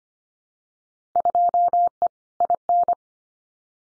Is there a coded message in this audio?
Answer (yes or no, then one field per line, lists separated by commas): yes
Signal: Morse code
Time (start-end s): 1.2-2.9 s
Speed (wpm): 25 wpm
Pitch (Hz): 700 Hz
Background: none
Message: 2E IN